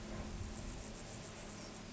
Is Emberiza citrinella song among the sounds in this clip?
no